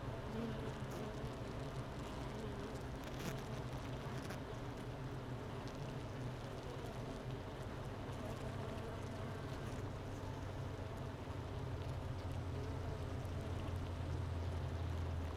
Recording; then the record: honeybee colony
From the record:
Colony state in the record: missing queen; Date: 31 May 2018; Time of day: 10:56